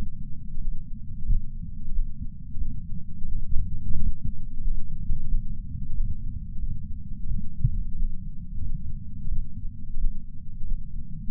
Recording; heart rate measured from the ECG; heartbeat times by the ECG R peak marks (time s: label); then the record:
heart sounds by patch sensor on the chest; 89 bpm
0.57 s: heartbeat
1.25 s: heartbeat
1.91 s: heartbeat
2.57 s: heartbeat
3.24 s: heartbeat
3.92 s: heartbeat
4.60 s: heartbeat
5.26 s: heartbeat
5.92 s: heartbeat
6.59 s: heartbeat
7.26 s: heartbeat
7.95 s: heartbeat
8.62 s: heartbeat
9.28 s: heartbeat
9.96 s: heartbeat
10.64 s: heartbeat
11.30 s: heartbeat
From the record:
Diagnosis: coronary artery disease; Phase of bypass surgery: postoperative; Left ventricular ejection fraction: 66.5%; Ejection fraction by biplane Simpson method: 64.8%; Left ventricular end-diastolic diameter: 39 mm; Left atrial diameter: 31 mm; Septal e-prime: 4.5 cm/s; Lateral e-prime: 6.6 cm/s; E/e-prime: 22.7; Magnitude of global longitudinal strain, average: 16.9%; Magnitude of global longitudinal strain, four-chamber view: 19.4%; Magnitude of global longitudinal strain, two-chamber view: 15.7%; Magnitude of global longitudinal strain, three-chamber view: 15.8%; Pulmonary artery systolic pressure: 26 mmHg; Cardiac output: 4.24 L/min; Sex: female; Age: 80 years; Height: 150 cm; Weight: 49 kg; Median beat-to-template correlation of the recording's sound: 0.73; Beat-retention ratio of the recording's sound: 1.00